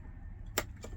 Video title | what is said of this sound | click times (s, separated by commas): CA4+ Install Command 4+ | it on there, hear that little click, slide | 0.6 s